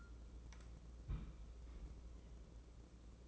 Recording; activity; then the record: daily activity, microphone in the room; place on stove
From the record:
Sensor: 1